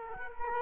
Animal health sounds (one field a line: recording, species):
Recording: mosquito wingbeat signal from an infrared sensor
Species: Culex quinquefasciatus